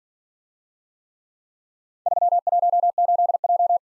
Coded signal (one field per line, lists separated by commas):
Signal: Morse code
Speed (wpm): 46 wpm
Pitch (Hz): 700 Hz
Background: none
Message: 318J